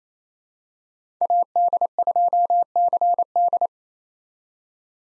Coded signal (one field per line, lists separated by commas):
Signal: Morse code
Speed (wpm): 28 wpm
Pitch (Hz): 700 Hz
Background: none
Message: AD2CD